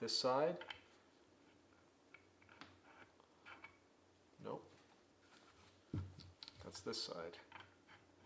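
Someone talks while handling a picatinny rail section, lining it up against the side of a polymer ATI tactical forend for a Winchester SXP Defender shotgun. Soft plastic taps and light contact clicks sound in between the speech. Nothing has seated or clicked into place yet.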